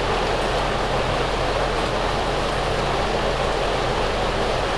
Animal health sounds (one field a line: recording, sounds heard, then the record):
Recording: poultry house recording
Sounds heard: no chicken sound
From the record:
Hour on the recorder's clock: 8